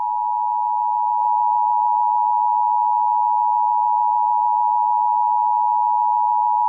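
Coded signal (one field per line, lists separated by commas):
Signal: Emergency Alert System (SAME) tones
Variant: 853 and 960 Hz attention tone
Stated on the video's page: Valid EAS tones in a fictional horror-themed emergency alert project.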